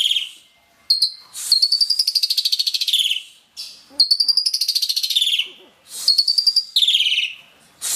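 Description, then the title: Asian pied starling song: repeated loud, grating, rapidly pulsed phrases separated by short pauses. "Jalak Suren"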